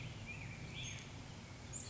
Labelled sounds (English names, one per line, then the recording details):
Black-headed Grosbeak
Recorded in Sonoma County, California